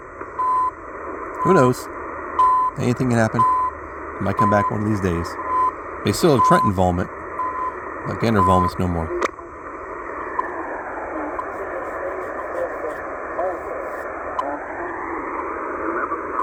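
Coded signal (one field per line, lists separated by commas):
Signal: radio time signal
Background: speech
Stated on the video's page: Heard during a morning band scan in a park from 8000 kHz to 7000 kHz.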